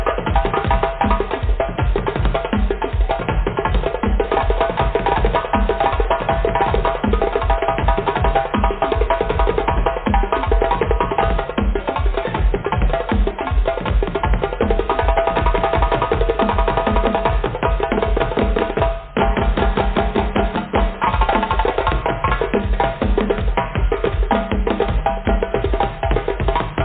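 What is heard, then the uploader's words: Drumming in a steady, dense rhythm with regular low thumps and a sustained tonal layer, briefly dropping out just after nineteen seconds. DRUMMING SOUNDS,VIBRATION FREQUENCIES.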